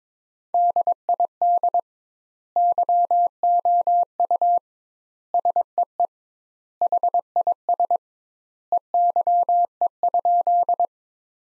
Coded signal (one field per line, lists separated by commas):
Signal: Morse code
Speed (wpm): 22 wpm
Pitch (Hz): 700 Hz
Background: none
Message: DID YOU SEE HIS EYE?